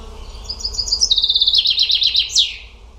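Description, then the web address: Bird song: a quick run of clear high notes, then a loud, pulsing trill stepping down in pitch, ending with a single downward-swept note. "cianscape birddata Deverinetal 2025 Bird Only"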